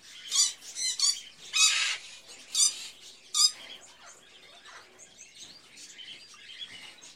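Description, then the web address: Birds giving loud harsh squawks in the first few seconds, several spaced screeches, then fading to softer scattered chirps and chatter. Various birds in a pet shop, ambience. "Sound Ideas Series 2000 Birds, Various Birds In A Pet Shop, Ambience"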